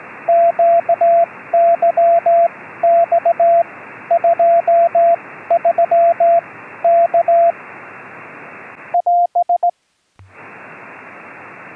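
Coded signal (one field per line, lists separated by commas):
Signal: Morse code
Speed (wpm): 18 wpm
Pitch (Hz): 680 Hz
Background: radio noise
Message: QYX 23 K <AS>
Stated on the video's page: Short film dramatizing Swedish military shortwave CW from long-range reconnaissance patrols, sent in a hard-to-direction-find way over long distances without infrastructure.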